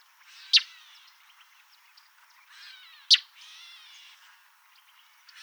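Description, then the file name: Northern mockingbird song: two sharp, loud, clicking notes about two and a half seconds apart, with soft warbled and buzzy phrases between them. "Northern Mockingbird Mimus polyglottos"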